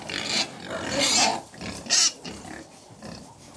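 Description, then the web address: Pig (Middle White): pigs squealing and grunting in a dense crowd, with shrill high squeals bursting out around one and two seconds over a steady low rumble of grunts. Middle White breed; about 100 pigs feeding very noisily indoors. "Middle White Pigs, interior, approx 100 pigs feeding very noisily"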